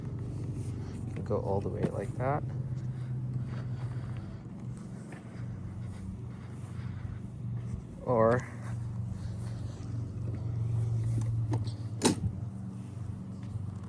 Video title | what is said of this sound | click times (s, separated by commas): EGO Super composite Deck Mower LM2236 Review and test | locks into place. | 12.1 s